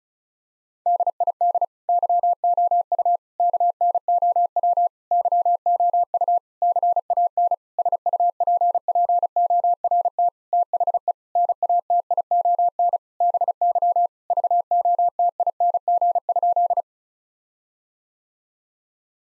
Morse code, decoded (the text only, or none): DID YOU KNOW YOU CAN SUPPORT THE NATION BY VOTING?